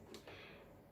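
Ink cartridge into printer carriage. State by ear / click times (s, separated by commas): not seated / none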